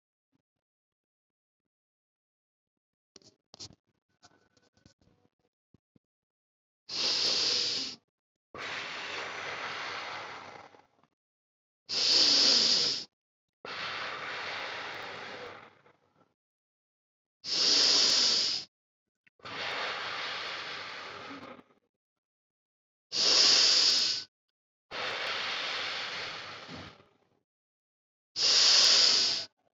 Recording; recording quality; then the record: deep breathing; excellent, no background noise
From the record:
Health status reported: COVID-19 positive, mild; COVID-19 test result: positive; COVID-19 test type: RT-PCR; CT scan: not taken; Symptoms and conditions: cough, diabetes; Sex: male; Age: 60 years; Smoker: no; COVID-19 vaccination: both doses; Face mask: not worn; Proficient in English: yes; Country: India